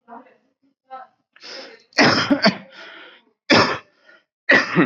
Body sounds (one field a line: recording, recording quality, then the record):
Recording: heavy voluntary cough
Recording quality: excellent, no background noise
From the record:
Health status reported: COVID-19 positive, mild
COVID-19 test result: positive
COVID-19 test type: RT-PCR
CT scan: not taken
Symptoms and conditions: cough, cold, fatigue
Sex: male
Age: 39 years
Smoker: no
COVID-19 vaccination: both doses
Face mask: worn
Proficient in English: yes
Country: India